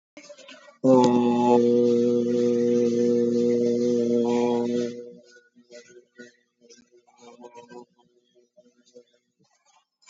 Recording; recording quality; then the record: sustained vowel as in boot; moderate, slight background noise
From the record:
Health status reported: COVID-19 positive, mild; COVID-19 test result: positive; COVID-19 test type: RT-PCR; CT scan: not taken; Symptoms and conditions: cough, cold, sore throat, fatigue, muscle pain, loss of smell and taste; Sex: male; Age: 26 years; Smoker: no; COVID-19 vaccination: none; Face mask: worn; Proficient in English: yes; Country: India